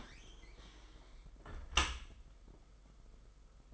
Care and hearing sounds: daily activity, microphone in the room; close dishwasher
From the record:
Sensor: 5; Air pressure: 991.5 hPa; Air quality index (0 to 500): 117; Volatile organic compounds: 37 ppm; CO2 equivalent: 3106 ppm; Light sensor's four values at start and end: 40/125/48/51 and 39/124/47/50

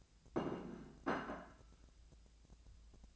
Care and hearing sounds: daily activity, microphone in the room; place plate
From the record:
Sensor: 2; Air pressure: 1000.0 hPa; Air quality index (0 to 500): 132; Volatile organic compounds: 2 ppm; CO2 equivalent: 1128 ppm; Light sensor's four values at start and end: 26/64/27/30 and 26/64/27/30

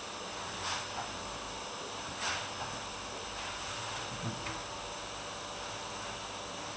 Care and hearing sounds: daily activity, microphone in the room; vacuum cleaning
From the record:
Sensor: 2

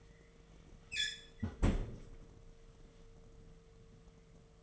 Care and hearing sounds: daily activity, microphone in the room; close fridge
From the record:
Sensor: 4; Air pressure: 1015.8 hPa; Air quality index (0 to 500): 190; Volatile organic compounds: 9 ppm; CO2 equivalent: 2195 ppm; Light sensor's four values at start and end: 8/18/7/7 and 11/25/10/10

